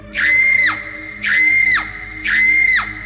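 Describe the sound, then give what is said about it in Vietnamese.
At night, a young woman screams loudly three times as she lunges at an elderly person, each shrill, sustained high-pitched cry lasting about half a second and breaking off abruptly, separated by short pauses. “Tiếng thét đó như xé toạc bầu trời đêm tĩnh mịch.”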